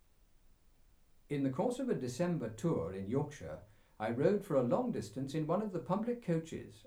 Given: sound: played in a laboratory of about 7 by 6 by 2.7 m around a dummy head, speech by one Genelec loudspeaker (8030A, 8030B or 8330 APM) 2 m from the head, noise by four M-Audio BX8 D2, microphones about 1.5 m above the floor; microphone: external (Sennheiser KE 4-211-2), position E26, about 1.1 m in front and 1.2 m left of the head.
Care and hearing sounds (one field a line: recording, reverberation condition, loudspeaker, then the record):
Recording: male speech in English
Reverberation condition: low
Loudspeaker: in front (0 degrees)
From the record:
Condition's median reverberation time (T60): about 310 ms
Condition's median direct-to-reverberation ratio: about 3.5 dB